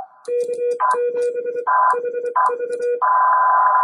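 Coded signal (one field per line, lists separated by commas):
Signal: Morse code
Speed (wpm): 24 wpm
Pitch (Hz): 480 Hz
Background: none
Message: K7HV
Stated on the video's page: 10 m CW contact with a DX station on Austral Island, 5 W QRP from an Index Labs QRP+, 3-element quad at 38 ft, Bencher paddle; strong signals, QSB.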